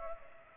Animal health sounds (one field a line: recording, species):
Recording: mosquito wingbeat signal from an infrared sensor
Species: Culex pipiens